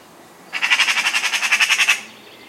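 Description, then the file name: Eurasian magpie chattering: a dry rattle of many quick, harsh notes delivered in one steady burst. "Pica pica"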